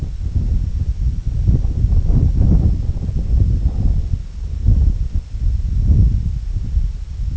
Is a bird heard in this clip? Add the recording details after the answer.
no. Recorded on Arctic tundra, site IGLO-D, on 25 June 2018. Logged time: 06:00